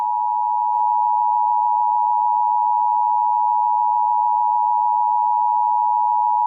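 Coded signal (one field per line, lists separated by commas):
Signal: Emergency Alert System (SAME) tones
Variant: 853 and 960 Hz attention tone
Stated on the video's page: Simulated EAS scenario about a toxic virus.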